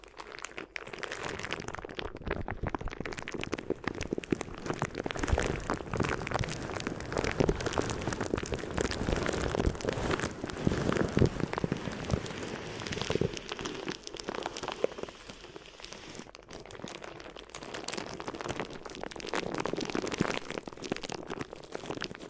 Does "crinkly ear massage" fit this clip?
yes